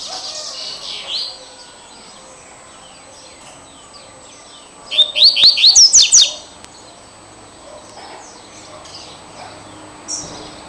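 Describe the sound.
Double-collared seedeater song: a quick burst of several high, rising slurred whistles midway through.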